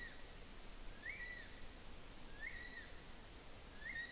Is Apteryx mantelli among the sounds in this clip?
yes